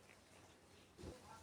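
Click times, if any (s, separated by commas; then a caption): none. A plastic locking washer is handled and pressed toward a safety nose stem in a crochet toy. There is quiet, low rustling with a faint tick near 0.1 s and a louder, dull low-frequency press around 1.0–1.1 s. Nothing has seated or clicked yet.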